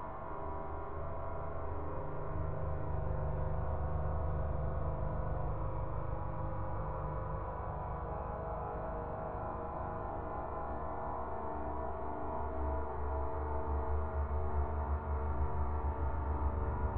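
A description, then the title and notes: A dense, steady wash of processed waterfall sound, turned into sustained droning tones with a deep, rumbling low end that swells slightly toward the end. Slow wavering beats and groaning, gong-like resonances run throughout, with nothing bright above the low-mid tones. In December 2008 my wife and I took a trip to Niagara Falls. Tones, grumbles, wa-wa’s, groans, beats and other sounds created through digital signal processing of Niagara Falls.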